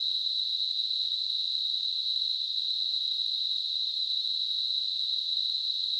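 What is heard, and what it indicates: Synthesized tinnitus sound: a steady, high-pitched narrowband hiss centered around 4 kHz, unchanging throughout, with no low-frequency content. Tinnitus simulation.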